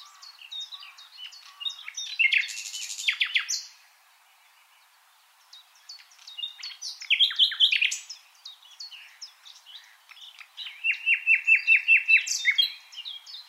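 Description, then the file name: Common nightingale song: varied phrases of sharp chirps and a buzzy rattle, a pause of about two seconds, then more phrases ending in a fast run of repeated notes. "Luscinia megarhynchos"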